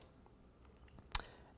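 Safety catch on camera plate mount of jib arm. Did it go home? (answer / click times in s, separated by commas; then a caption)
yes / 1.1 s. The safety catch on the camera plate mount of an iFootage Mini crane jib arm engages after the plate is inserted. After quiet handling noise, a sharp, bright click at 1.2 s is followed by a faint tick and a short fade. The safety catch has clicked in place.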